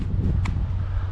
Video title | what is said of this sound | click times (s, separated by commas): DEERC D65 GPS Drone FLIGHT AND CAMERA TEST IN THE WIND #video | Push in on the button. Slide it in there until it locks in place. | 0.5 s